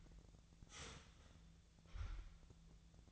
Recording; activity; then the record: daily activity, microphone in the room; start toaster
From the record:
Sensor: 3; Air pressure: 1000.2 hPa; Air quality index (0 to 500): 156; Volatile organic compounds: 3 ppm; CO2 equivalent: 1376 ppm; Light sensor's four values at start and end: 37/94/40/43 and 37/95/40/43